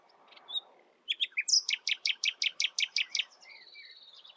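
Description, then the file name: Common nightingale song: after a quiet start, a loud series of about a dozen sharp, evenly spaced notes, then a thin sustained high whistle. "Luscinia megarhynchos"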